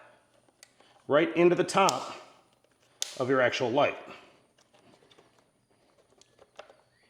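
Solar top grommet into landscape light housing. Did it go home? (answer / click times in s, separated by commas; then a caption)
yes / 6.6 s. Someone talks while the grommets on a plastic solar top are pushed into the top of a landscape light housing, with faint handling crackles underneath. A short click at 6.6 s marks the solar top snapping in and locking in place.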